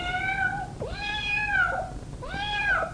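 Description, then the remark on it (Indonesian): A pet cat named Manis meows three times in a row, each call a drawn-out, wavering, fairly high-pitched cry. The meows are clear and moderately loud, with no one talking. “Rupanya si Manis, kucing kesayanganku datang.”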